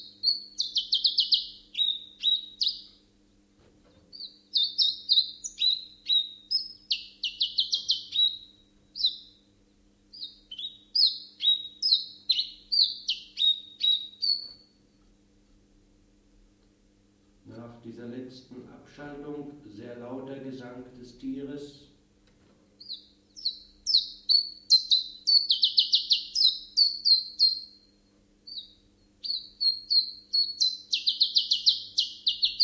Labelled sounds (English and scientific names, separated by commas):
Common Chiffchaff (Phylloscopus collybita) song